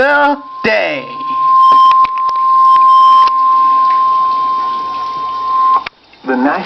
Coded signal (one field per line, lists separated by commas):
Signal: Emergency Alert System (SAME) tones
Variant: 1050 Hz attention tone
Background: speech